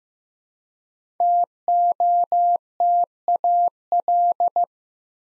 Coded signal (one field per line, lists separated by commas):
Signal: Morse code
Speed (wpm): 15 wpm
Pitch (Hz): 700 Hz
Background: none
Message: TOTAL